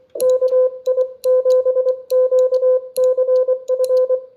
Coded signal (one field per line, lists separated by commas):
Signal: Morse code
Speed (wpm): 23 wpm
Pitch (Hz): 500 Hz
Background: none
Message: KI7QCF